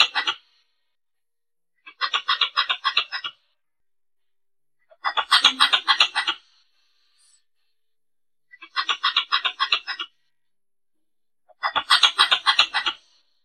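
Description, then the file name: Pallas's squirrel giving repeated harsh chattering bouts, several rasping pulsed bursts separated by short silences. Female squirrel calling. "tieng soc cai bung do keu chuan nhat"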